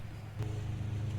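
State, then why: Released. An 8-inch wrench is pushed against a new timing chain tensioner in the timing cover of an Ecotec 2.2L engine to activate it, over a steady low hum. A faint, short click at 0.4 s marks the tensioner releasing, after which the chain tightens.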